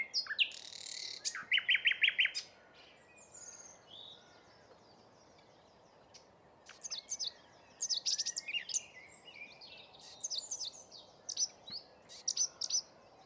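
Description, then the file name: Common nightingale song opening with a harsh buzzy burst and a fast run of repeated chirps, followed by scattered sharp notes. "Luscinia megarhynchos"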